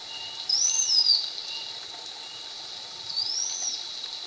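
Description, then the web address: Slaty-backed chat-tyrant giving two high, thin whistled notes, each arching up then down, about two and a half seconds apart, over a steady background hiss. Ecuador. "Birds of Ecuador. Slaty-backed Chat-Tyrant"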